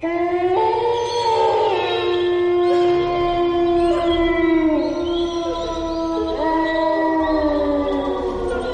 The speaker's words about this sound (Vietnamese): từ trong mộ yêu lại vang lên một tiếng sói tru thảm thiết. Âm thanh này dường như ở rất xa, dường như lại ở ngay bên cạnh. Vừa nghe được âm thanh ấy, tôi bỗng trở nên hốt hoảng. Tiếng sói tru này lại có mấy phần thê lương như tiếng nghiệt kêu.